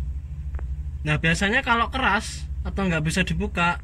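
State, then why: Released. A clutch release bearing is pried off its mount on the release mechanism of a Scania truck gearbox with a pry bar or dismantling tool, giving two sharp clicks close together at 0.6 s as it snaps free over a steady low hum. The bearing comes off, and then someone talks.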